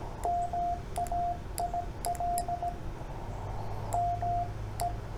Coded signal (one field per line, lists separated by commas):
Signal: Morse code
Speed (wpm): 17 wpm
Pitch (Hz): 700 Hz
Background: radio noise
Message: MAIL ME